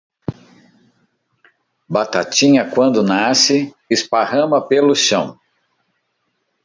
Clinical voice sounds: short text; Brazilian Portuguese; male; 50 to 59 years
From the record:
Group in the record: control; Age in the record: 52 years

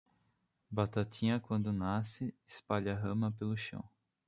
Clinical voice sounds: short text; Brazilian Portuguese; male; 20 to 29 years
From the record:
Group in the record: control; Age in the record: 29 years

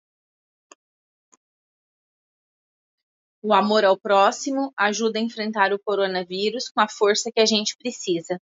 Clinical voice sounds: spoken sentence; Brazilian Portuguese; female; 40 to 49 years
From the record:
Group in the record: control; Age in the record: 44 years

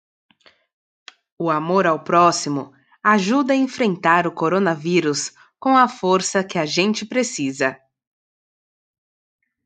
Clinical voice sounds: spoken sentence; Brazilian Portuguese; female; 20 to 29 years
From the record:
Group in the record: control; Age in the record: 27 years

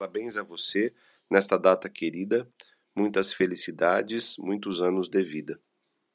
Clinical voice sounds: short text; Brazilian Portuguese; male; 40 to 49 years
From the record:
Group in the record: control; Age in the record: 42 years

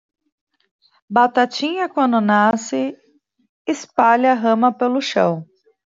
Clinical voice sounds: short text; Brazilian Portuguese; female; 30 to 39 years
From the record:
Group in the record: control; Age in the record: 38 years

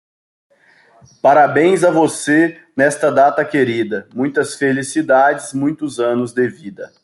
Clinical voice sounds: short text; Brazilian Portuguese; male; 20 to 29 years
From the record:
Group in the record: control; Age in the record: 28 years

